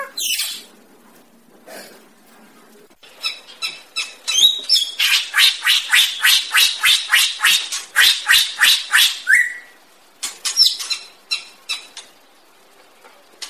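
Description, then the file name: Greater racket-tailed drongo giving a fast run of harsh, raspy notes, about three per second, ending in a short whistle, then a few scattered notes. "tieng cheo beo duoi co hot"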